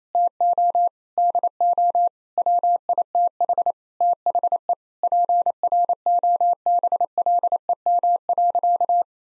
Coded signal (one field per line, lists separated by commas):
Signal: Morse code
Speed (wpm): 28 wpm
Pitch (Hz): 700 Hz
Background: none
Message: TO DO WITH THE PROBLEM.